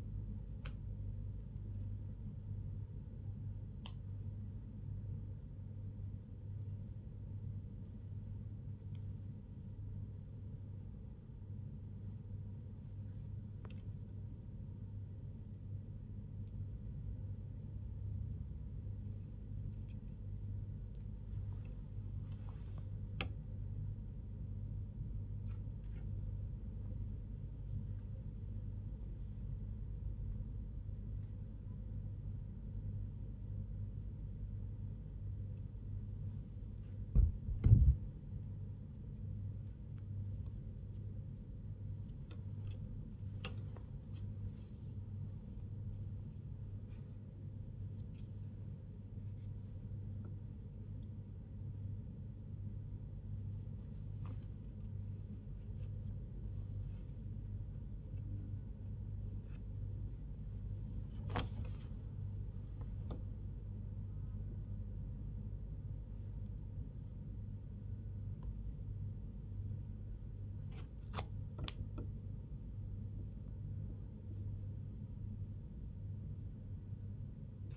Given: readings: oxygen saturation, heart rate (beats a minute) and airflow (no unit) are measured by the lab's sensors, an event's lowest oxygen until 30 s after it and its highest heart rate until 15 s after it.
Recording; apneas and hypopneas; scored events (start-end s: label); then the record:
a person awake in a sleep study, by a smartphone at the bedside; none
none scored
From the record:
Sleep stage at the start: awake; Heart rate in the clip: 85 to 100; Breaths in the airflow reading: 22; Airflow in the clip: -5.6 to 6.2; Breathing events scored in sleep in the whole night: 158 in 7.3 hours asleep